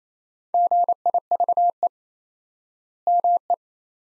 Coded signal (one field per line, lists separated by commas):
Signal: Morse code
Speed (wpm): 27 wpm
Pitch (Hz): 700 Hz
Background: none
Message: GIVE ME